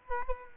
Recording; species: mosquito wingbeat signal from an infrared sensor; Culex quinquefasciatus